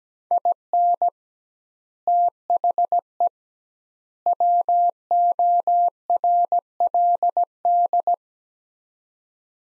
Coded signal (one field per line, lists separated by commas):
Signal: Morse code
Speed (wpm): 17 wpm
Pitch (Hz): 700 Hz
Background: none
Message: IN THE WORLD